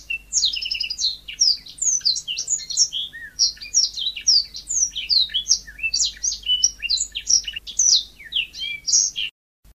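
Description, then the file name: Sanma bird singing a fast, varied stream of high chirps, trills and short whistles for about nine seconds, then stopping abruptly. "suara burung sanma"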